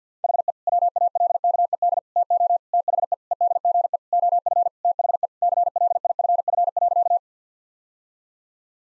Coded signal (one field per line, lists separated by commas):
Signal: Morse code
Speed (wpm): 50 wpm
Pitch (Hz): 700 Hz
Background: none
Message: HE WALKED TO THE EDGE OF THE CLIFF.